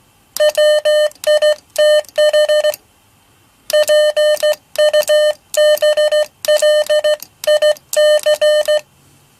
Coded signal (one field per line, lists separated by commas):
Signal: Morse code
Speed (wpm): 15 wpm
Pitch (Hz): 600 Hz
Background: none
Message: WITH PUBLIC